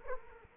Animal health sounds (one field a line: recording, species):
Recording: mosquito wingbeat signal from an infrared sensor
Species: Culex quinquefasciatus